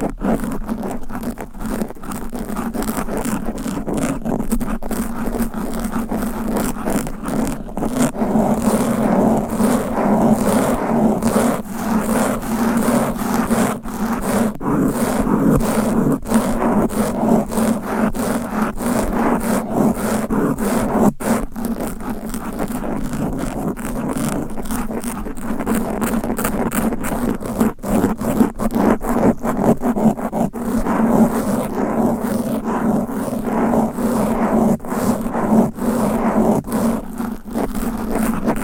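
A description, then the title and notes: Fast, aggressive scratching right on a microphone runs for the whole stretch, a dense, rough rubbing with a strong low-mid body. The strokes come in rapid bursts with brief sharp breaks, at a steady, loud level throughout, raw. ASMR Fast & Aggressive Mic Scratching - Brain Scratching 10 DIFFERENT MICS No Talking for Sleep.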